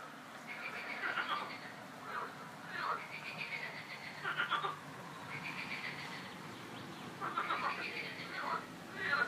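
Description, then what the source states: Frogs croaking, nasal pulsed calls repeated in several bursts throughout. Frogs croaking in a park; the calls are described as a quack-like 'coin-coin'.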